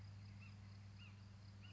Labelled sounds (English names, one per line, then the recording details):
Ash-throated Flycatcher
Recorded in Sonoma County, California